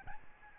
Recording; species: mosquito wingbeat signal from an infrared sensor; Aedes albopictus